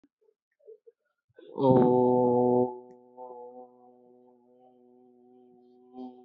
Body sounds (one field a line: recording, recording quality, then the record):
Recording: sustained vowel as in boot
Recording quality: excellent, no background noise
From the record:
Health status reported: healthy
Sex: male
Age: 24 years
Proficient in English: yes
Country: India